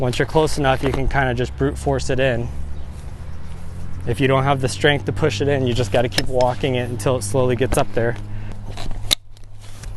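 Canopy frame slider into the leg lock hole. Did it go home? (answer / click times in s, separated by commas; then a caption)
yes / 9.1 s. Someone talks while pushing the sliding truss on a pop-up canopy frame leg upward, and at 9.1 s a sharp click rings out as its spring notch snaps into the hole on the metal leg. The slider is seated and locked in place, followed by faint handling ticks.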